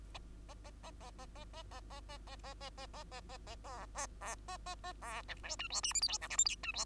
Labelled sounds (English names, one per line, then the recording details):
Bengalese Finch song
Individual Bird2